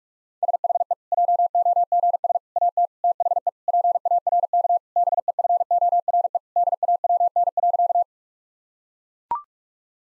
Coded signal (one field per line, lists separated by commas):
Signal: Morse code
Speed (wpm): 43 wpm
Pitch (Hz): 700 Hz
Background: none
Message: SHE JOGS AT THE PARK BEFORE DAWN.